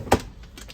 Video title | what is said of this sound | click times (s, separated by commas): Ram pro master 2014-2021 Instrument Panel Switch removal/replacement | and it'll pop right in, and then this snaps into place. | 0.1 s